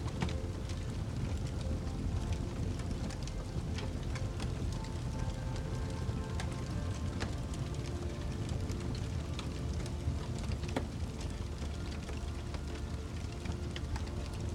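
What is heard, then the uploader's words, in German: A soft, sustained melody blends with dense, steady crackling of a fire, sharp snaps scattered throughout over a constant low rumble. Die beruhigende Melodie mit dem wohltuenden Knistern des Feuers verschmilzt.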